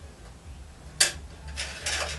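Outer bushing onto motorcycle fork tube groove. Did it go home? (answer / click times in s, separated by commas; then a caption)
yes / 1.0 s. A metal outer bushing is pushed onto a Showa motorcycle fork tube from a CR 250 until it snaps into its retaining groove. A sharp, bright click at 1.0 s marks it seating, followed by softer sliding and scraping sounds, with another broadband rub at about 1.9 s. The bushing is seated in the groove.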